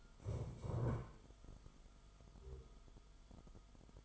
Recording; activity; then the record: daily activity, microphone in the room; stand up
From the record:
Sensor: 5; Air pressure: 1005.2 hPa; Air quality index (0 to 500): 106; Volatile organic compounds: 2 ppm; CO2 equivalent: 1301 ppm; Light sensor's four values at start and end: 34/79/32/30 and 34/79/32/30